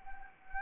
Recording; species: mosquito wingbeat signal from an infrared sensor; Anopheles arabiensis